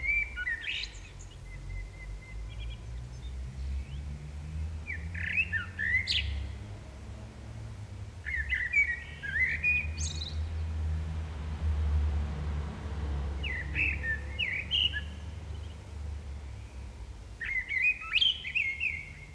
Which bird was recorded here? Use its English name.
Common Blackbird